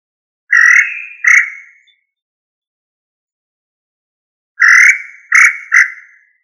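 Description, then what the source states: Quail giving rasping, buzzy notes in two phrases, a two-note phrase followed after a pause by a three-note phrase. Listed under the tinamou family; Indonesian name puyuh.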